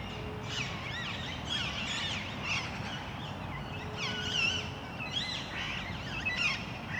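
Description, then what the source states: Parakeets giving rasping, looping screeches at irregular intervals, several birds calling together, with a low rumble. Recorded in Parc Duden, Forest, Brussels, Belgium, just before nightfall; Zoom MicTrak M4 internal XY microphones.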